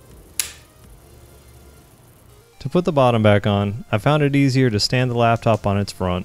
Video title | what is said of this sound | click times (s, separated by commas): Install 32GB of RAM in Your Lenovo Y700 14" Laptop (Model Y700-14ISK) | need to insert the new Ram at a 45 degree angle press it forward and push it down till it clicks in place | 0.4 s